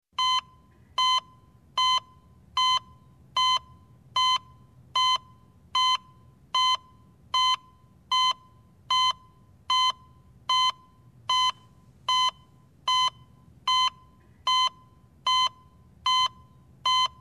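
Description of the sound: Clear, evenly spaced mid-pitched beeps from a simulated electrocardiogram heart monitor, about 76 per minute with a steady rhythm, roughly 22 beeps in all over a faint low hum. This is a regular heart rate in the normal range; no flatline tone is heard.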